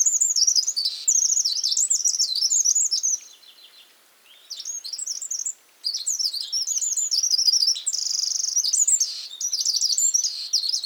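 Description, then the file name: Eurasian wren song: fast, high, rattling trills in long bursts separated by short quiet gaps. "Troglodytes troglodytes"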